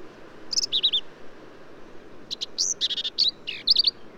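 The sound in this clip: Black-capped vireo song: a short phrase, a pause, then a fast run of buzzy and whistled notes, some slurring up and down, above a soft rushing background.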